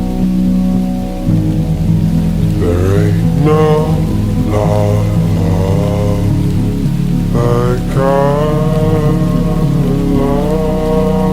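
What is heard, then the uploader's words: Steady rain hisses evenly throughout over a constant low hum. Wavering, voice-like animal calls rise and fall several times, around the third, fifth, eighth and tenth seconds, fairly clear above the wet background. Farm academia atmosphere with rain.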